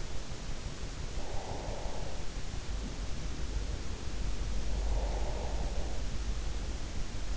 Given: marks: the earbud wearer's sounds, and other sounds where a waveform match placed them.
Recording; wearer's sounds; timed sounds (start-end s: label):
sounds in sleep by an in-ear microphone; breath
0.96-2.28 s: breath
4.22-6.03 s: breath